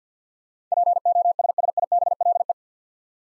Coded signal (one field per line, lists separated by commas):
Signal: Morse code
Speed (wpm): 51 wpm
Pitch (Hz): 700 Hz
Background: none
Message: POSSIBLE